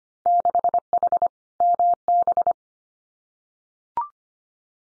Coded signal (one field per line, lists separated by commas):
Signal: Morse code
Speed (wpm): 25 wpm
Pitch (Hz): 700 Hz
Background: none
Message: 6H MB